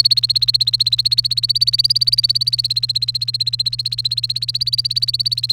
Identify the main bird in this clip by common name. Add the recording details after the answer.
Domestic Canary. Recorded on 30 April 2018 at 16:16. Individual llb3